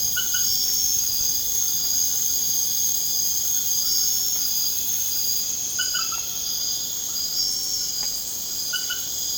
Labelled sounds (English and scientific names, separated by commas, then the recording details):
none
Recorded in pastures near Puerto Asís, Putumayo, Colombia, on 30 June 2025 at 20:00
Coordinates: 0.496, -76.326
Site GP01